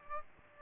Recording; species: mosquito wingbeat signal from an infrared sensor; Aedes aegypti